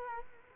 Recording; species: mosquito wingbeat signal from an infrared sensor; Culex quinquefasciatus